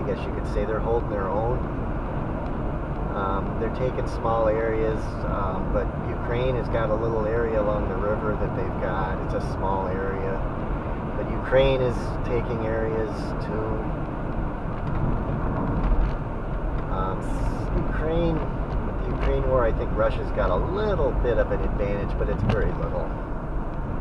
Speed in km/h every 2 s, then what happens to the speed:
71, 72, 74, 77, 77, 76, 72, 69, 69, 71, 71, 71.
0-6 speeds up to 77. 6-11 steady at about 77. 11-14 slows to 69. 14-24 steady at about 71.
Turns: none.